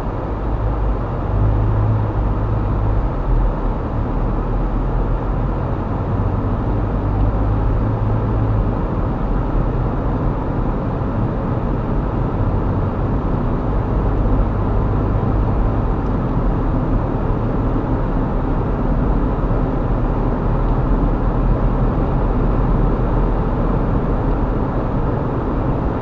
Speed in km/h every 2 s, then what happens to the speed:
15, 24, 31, 35, 42, 44, 47, 50, 53, 55, 58, 60, 60.
0-20 speeds up to 58. 20-26 steady at about 60.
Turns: none.